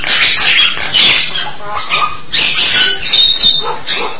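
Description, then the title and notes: Starling song: dense harsh chatter mixing buzzy notes and short whistles in quick bursts. "suara burung jalak"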